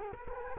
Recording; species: mosquito wingbeat signal from an infrared sensor; Culex quinquefasciatus